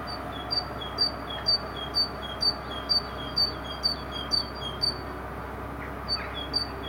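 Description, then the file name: Great tit song of clear alternating high and lower whistled notes, repeated briskly about twice a second, pausing briefly near the end before resuming. "Parus major"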